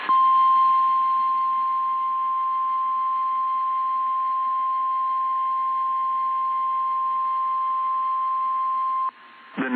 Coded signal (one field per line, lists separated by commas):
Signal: Emergency Alert System (SAME) tones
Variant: 853 and 960 Hz attention tone